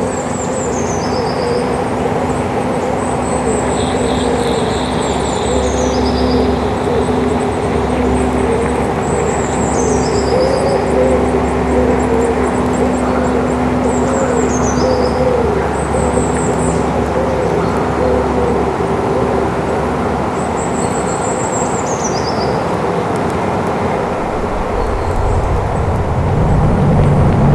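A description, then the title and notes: Pigeons coo in low, repeating hoots beneath a steady, dense wash of rumbling noise, while thin high chirps sweep down every few seconds. I took the iPad up into the local woods and loaded an audiobus patch with fieldscaper and flux loaded. I began to turn up the fx mix in flux and this was the result, all done live and in 1 take. A noise remix of pigeons cooing. I went a bit overboard with the fx but I reckon you can still hear the birdsong.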